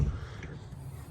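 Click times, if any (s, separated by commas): none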